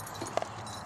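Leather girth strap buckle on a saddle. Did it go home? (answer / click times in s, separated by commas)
released / 0.4 s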